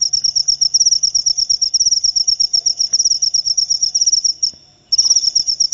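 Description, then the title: Cricket trilling, a very high rapid pulsed chirping that breaks off briefly near the end, with faint low rumbling and clicks underneath. Loud cricket chirping played to make lovebirds keep chattering continuously. "Suara JANGKRIK NGERIK Keras Bikin LOVEBIRD Jadi NGEKEK Terus"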